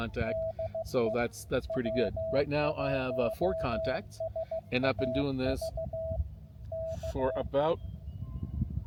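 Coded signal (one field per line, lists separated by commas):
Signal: Morse code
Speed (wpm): 15 wpm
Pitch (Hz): 650 Hz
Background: speech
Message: DE W1SAV KE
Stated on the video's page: Parks on the Air activation at US-4463, San Bernardino National Forest, in the mountains.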